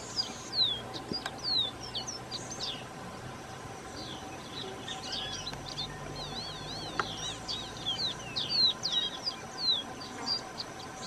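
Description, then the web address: Copper seedeater: high twittering notes, sharp downslurs and a wavy zigzag trill, continuing throughout, with two brief clicks and a low steady hum. "Copper seedeater. صدای-پرنده-دانه-خوار-مسی"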